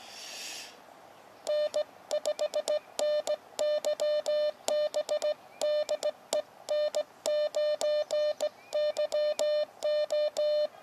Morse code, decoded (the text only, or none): N5NYB DE N9YO